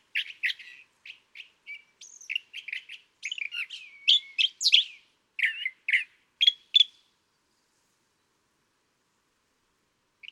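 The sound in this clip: California thrasher song: about seven seconds of mixed scratchy and whistled phrases, some rising and falling, then silence save one faint note at the end.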